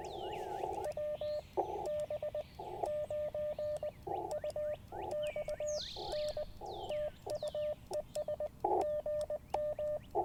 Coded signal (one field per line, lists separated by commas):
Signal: Morse code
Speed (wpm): 20 wpm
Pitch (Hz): 590 Hz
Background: none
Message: WB9UXN TU ES GM